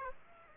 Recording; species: mosquito wingbeat signal from an infrared sensor; Aedes aegypti